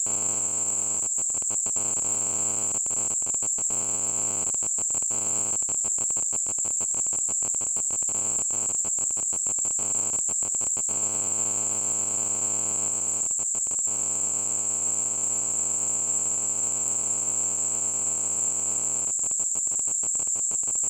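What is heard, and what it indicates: Simulated tinnitus: a steady, high-pitched ringing tone near 8 kHz over a constant faint hiss.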